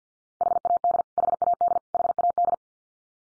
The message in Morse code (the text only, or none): HAD HAD HAD